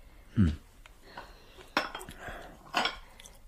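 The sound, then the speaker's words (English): Tea being poured into a cup, with three sharp clinks of china spaced about a second apart and a soft, low trickling wash between them. “Let me pour you some more tea.”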